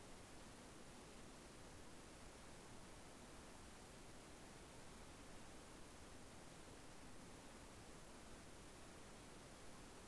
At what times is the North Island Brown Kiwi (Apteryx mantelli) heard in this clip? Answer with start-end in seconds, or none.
none